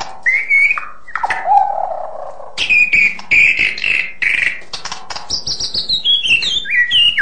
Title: kicau murai batu panjang